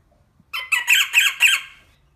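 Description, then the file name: Rosella giving five harsh, squawky chattering notes in quick succession, each bright and rich in overtones, after a brief quiet start. "Canto da Rosela"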